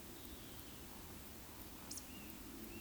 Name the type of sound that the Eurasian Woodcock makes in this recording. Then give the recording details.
whistle, croak. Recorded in Baden-Württemberg, Germany, on 13 June 2021 at 19:50 UTC. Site 23718, 552 m above sea level